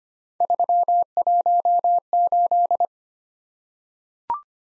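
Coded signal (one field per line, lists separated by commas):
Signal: Morse code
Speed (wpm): 25 wpm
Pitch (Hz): 700 Hz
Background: none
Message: 318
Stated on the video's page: Morse practice drill of random three-character letter and number groups at 25 wpm, each sent twice for head-copy.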